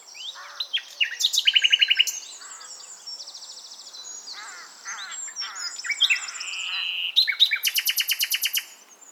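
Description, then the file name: Common nightingale song: fast, varied phrases of sharp notes and whistles, with two bursts of rapid, evenly repeated notes, a chattering trill near the end. "Luscinia megarhynchos"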